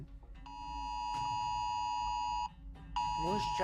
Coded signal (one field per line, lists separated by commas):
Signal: Emergency Alert System (SAME) tones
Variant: 853 and 960 Hz attention tone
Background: speech